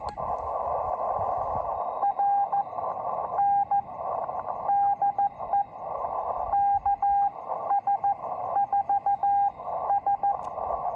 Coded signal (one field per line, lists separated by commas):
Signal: Morse code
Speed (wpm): 14 wpm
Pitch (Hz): 800 Hz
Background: radio noise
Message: R N DE KS4S